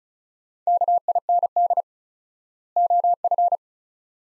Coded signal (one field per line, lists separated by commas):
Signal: Morse code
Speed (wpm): 36 wpm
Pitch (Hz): 700 Hz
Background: none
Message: KIND OF